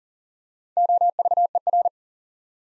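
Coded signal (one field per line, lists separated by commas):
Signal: Morse code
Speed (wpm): 40 wpm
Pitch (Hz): 700 Hz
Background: none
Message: OVER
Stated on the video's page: Head-copy drill of the 100 most common English words at 40 wpm, each word sent in Morse, spoken, then sent again.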